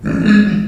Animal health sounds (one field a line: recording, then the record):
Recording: squeal of a Yucatan mini pig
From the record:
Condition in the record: after surgery on the right vocal fold (resection and tissue-engineered implant)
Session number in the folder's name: 6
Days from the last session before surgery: 40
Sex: female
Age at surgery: 19 weeks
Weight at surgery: 25 kg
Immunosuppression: prednisolone